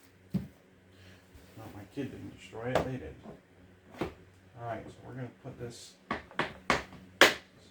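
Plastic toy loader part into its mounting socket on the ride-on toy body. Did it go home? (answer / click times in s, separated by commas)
yes / 7.2 s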